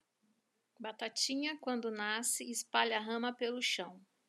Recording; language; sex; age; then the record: short text; Brazilian Portuguese; female; 50 to 59 years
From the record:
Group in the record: control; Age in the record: 52 years